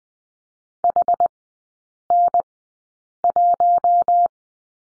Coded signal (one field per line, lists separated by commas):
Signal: Morse code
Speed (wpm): 20 wpm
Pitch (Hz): 700 Hz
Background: none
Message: HN1